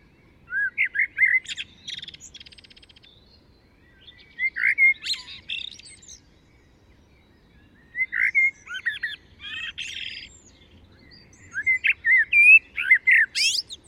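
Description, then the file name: Common blackbird singing four separate phrases roughly every three to four seconds, each of rich warbled whistles followed by scratchy high-pitched twittering. "Turdus merula"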